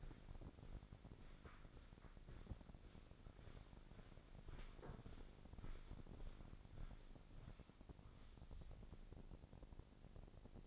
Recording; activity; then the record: daily activity, microphone in the room; walk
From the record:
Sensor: 5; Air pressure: 1009.4 hPa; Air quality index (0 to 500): 142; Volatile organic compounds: 2 ppm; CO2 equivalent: 1098 ppm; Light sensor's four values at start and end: 309/728/315/351 and 309/727/315/351